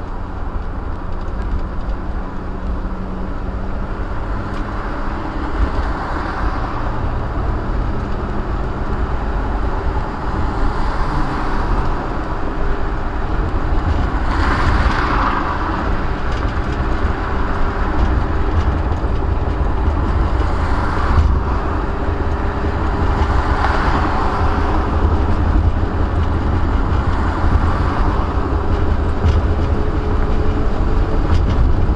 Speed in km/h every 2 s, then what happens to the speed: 60, 60, 71, 81, 84, 89, 90, 87, 89, 87, 87, 87, 92, 90, 92, 98.
2-9 speeds up to 89. 9-22 steady at about 87. 22-32 speeds up to 98.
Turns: none.